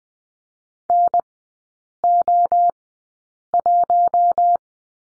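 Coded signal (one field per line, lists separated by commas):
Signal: Morse code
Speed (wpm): 19 wpm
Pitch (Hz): 700 Hz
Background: none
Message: NO1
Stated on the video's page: Morse code course lesson on the letter L, three characters, sent at a Farnsworth speed of 20/10 wpm.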